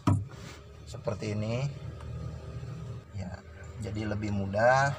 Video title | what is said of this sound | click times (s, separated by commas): OVERHAUL ENGINE L300 Diesel Bagian 3 | torsi hingga berbunyi klik teman-teman kita tarik seperti | 0.1 s